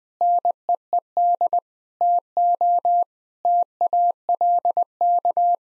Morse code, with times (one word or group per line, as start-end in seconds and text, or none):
0.2-1.6 NEED
2.0-3.0 TO
3.5-5.5 TALK